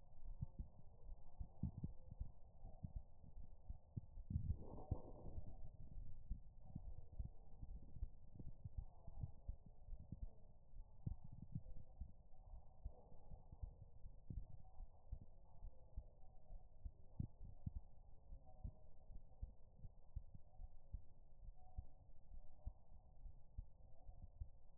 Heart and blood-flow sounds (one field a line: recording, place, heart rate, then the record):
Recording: heart sounds by stethoscope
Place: pulmonary valve (PV)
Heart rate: 73 bpm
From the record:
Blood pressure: 114/84 mmHg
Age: 31 years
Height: 150 cm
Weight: 67 kg